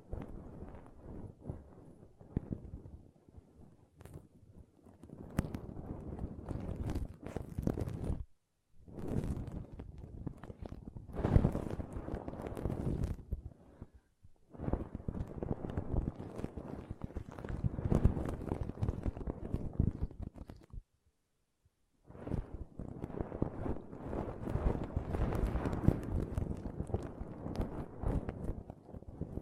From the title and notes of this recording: ASMR Ultimate Pom Pom Tingles (No Talking).